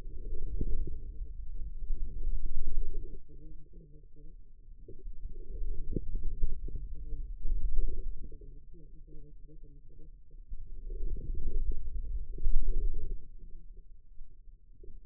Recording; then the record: forearm muscle sounds (acoustic myography)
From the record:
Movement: wrist extension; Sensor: system 2, bracelet of six BSWA MPA416 microphones around the upper forearm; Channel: 3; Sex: female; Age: 25 years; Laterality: right